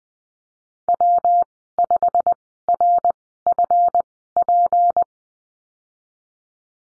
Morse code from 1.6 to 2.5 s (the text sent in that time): 5